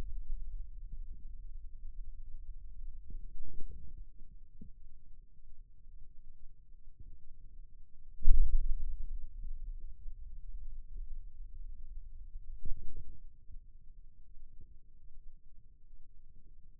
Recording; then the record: forearm muscle sounds (acoustic myography)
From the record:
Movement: radial deviation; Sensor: system 2, bracelet of six BSWA MPA416 microphones around the upper forearm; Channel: 1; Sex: male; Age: 22 years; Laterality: right